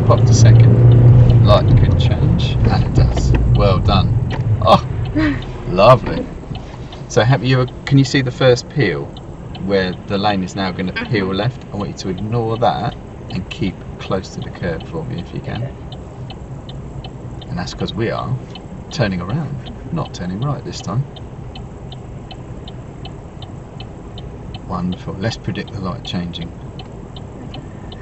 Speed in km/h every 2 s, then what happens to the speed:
26, 8, 0, 0, 0, 0, 0, 0, 0, 0, 0, 0, 0, 0.
0-4 brakes to 0. 4-28 standing.